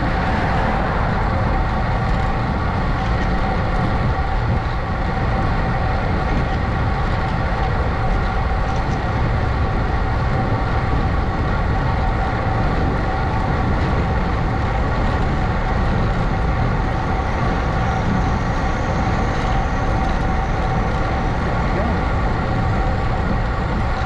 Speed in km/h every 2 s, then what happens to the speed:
29, 29, 29, 29, 29, 29, 29, 29, 29, 27, 27, 26.
0-24 steady at about 29.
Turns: none.